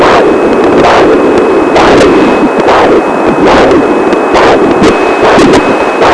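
A baby's heartbeat in the womb, heard through a Doppler as rhythmic whooshing pulses over a steady background hiss.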